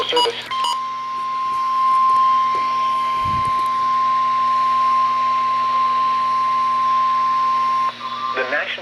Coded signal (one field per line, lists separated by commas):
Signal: Emergency Alert System (SAME) tones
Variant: 1050 Hz attention tone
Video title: STARTING IT OFF RIGHT... EAS Alerts from 6/1/18 (EAS #1,186 - 1,209)